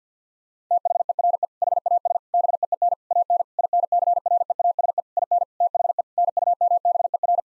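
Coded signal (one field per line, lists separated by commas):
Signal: Morse code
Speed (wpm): 50 wpm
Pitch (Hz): 700 Hz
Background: none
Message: THERE HAS BEEN AN INCREASE IN THE NUMBER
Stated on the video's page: Morse practice at 50 WPM: sentences built from common six-word phrases, each sent in Morse, then spoken, then sent again.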